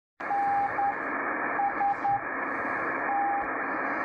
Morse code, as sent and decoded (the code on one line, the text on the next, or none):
-. ... -
NST